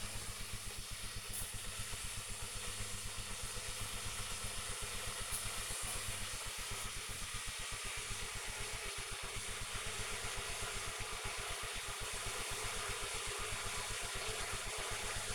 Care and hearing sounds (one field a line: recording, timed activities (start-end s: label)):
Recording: household activities, microphone on the right wrist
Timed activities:
0.00-15.35 s: making tea